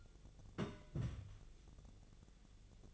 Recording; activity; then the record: daily activity, microphone in the room; place on stove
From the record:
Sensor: 4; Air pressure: 1000.8 hPa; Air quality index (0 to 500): 129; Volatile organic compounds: 1 ppm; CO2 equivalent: 968 ppm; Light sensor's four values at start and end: 38/94/39/43 and 39/94/39/43